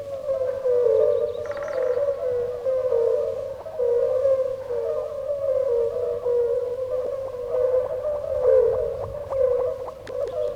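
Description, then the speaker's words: Chorus of European fire-bellied toads, continuous low moaning 'uk' notes blending into one drone, a brief rattling call and a few clicks in the background. Toads calling 'uk' nonstop in pools left after the flood. "Рядом, в оставшихся после разлива бочагах, не переставая, укают краснобрюхие лягушки, жерлянки."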